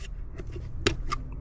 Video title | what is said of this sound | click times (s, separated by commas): Fix Hissing Sound! Mercedes ML350 Blower Motor Replacement 2012–2015 with Strategy | Make sure it snaps. You hear it. You hear a click. That's what you want. | 0.9 s